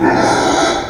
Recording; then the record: squeal of a Yucatan mini pig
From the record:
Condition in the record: before surgery on the right vocal fold (resection and tissue-engineered implant); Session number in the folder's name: 1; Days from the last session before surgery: -21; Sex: female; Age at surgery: 19 weeks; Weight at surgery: 25 kg